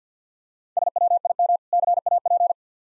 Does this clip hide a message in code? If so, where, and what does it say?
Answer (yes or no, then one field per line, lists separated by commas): yes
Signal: Morse code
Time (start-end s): 0.8-2.5 s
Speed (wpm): 50 wpm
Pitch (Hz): 700 Hz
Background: none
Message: SWIM CAP